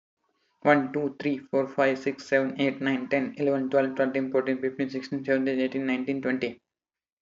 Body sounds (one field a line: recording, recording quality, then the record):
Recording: counting at a fast pace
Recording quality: excellent, no background noise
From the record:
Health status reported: healthy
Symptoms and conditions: none ticked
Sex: male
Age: 21 years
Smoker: not ticked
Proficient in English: yes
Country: India